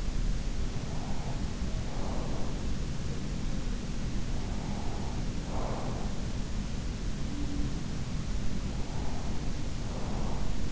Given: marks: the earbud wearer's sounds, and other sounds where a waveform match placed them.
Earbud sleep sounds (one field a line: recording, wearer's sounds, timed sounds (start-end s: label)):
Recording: sounds in sleep by an in-ear microphone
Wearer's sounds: breath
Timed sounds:
0.00-2.93 s: breath
3.04-7.42 s: breath
8.33-10.71 s: breath